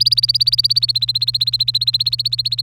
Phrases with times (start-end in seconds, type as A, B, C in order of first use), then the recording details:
0.00-2.63 A. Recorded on 27 April 2018 at 13:05. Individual llb3